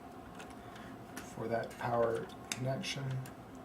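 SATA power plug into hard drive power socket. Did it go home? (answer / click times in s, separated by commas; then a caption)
no / none. The power supply's L-shaped SATA power plug is handled and lined up with the hard drive's power socket while someone talks, with a few faint ticks in the background. Nothing has seated or clicked yet; the clip ends before the plug goes home.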